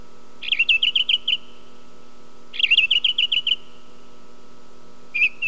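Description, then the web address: Song thrush song: a rapid chattering phrase of about eight high notes, given once and then repeated after a pause, with a steady low hum behind. "sons oiseaux grive musicienne"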